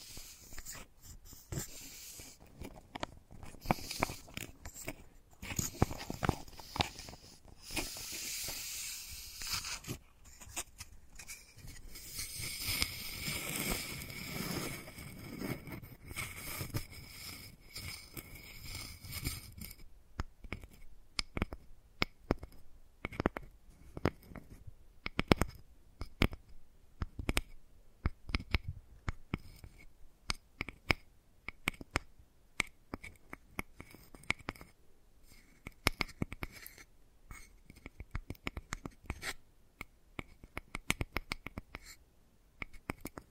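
Wooden balls being handled and rolled. For the first twenty seconds a dense, hissing rumble of rolling and rubbing fills the sound, then it gives way to sparse, sharp wooden clicks and taps that come in quick irregular bursts until the end.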